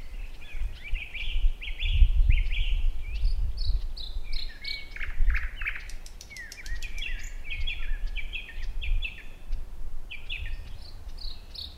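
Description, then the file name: Thrush nightingale song: a long varied sequence of whistles, chuckles and clicking rattles, phrases tumbling one after another over intermittent low rumbling noise. "Naktergal"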